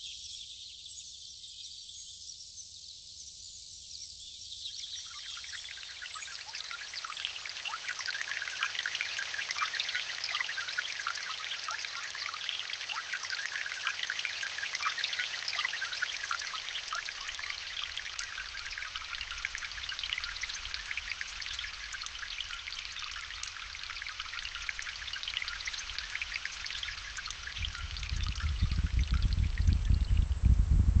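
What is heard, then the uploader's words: Rainforest rain, a thin high hiss at first that thickens after about five seconds into a dense, steady patter of countless small drops. The pattering stays even and bright throughout, and a deep rumble swells up in the last few seconds. Rainforest.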